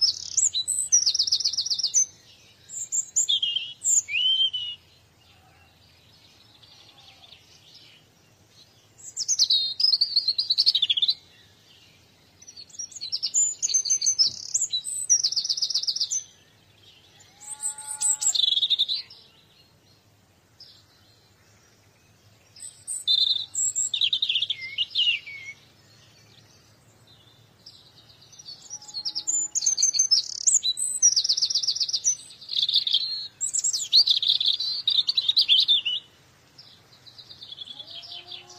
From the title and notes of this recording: Birds Chirping.